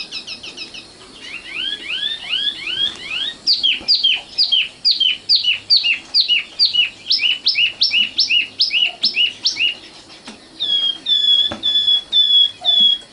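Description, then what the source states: Oriental magpie-robin song: a fast series of rising slurred notes, then many rhythmic repeated notes, ending in clear steady whistles. Kacer song.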